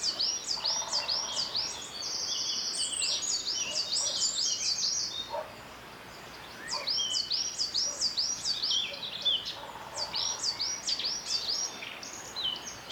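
Birdsong from Snowdonia, North Wales: bright, rapidly repeated chirps form a busy, high chattering phrase that runs for about five seconds, pauses briefly, then resumes at around seven seconds. A few lower calls and a steady low hiss sit underneath throughout.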